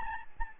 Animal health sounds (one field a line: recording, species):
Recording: mosquito wingbeat signal from an infrared sensor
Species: Aedes albopictus